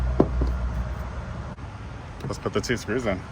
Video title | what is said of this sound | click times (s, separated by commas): 2001-2003 Acura MDX Tail light lamp replacement upgrade to 2004-2006 rear conversion | Press it and make sure it clicks. | 0.2 s